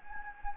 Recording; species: mosquito wingbeat signal from an infrared sensor; Anopheles gambiae